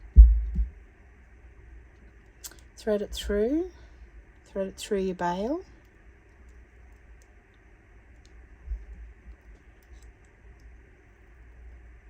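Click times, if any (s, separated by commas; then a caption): none. An opened metal jump ring is handled and threaded through a necklace bail, to be twisted closed with two pliers. Someone talks over a low hum, with a brief low thump at the start and a few faint soft ticks. The ring has not clicked shut yet.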